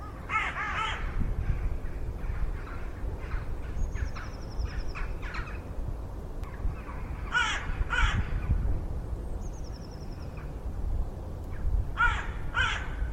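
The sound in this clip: Bird giving harsh, hoarse caws in short bursts near the start, around eight seconds and near the end, with thin high whistles from other birds over a steady low rumble.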